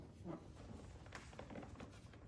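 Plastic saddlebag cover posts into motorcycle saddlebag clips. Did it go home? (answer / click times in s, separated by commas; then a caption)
no / none. A rear saddlebag plastic cover is being refitted on a 2018+ Honda Goldwing motorcycle, with its tab slipped under the upper cover and the cover wiggled so its posts line up with the saddlebag clips. Only soft, low handling rustles and faint light knocks are heard over a steady background. Nothing has seated or clicked yet: the clip ends before the posts snap into place.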